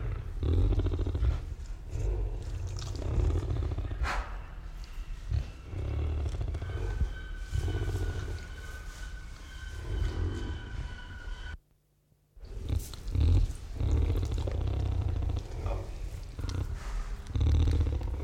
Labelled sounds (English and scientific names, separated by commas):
Collared Peccary (Pecari tajacu)